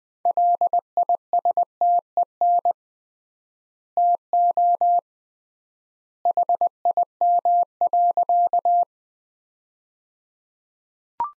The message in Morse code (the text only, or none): LISTEN TO HIM.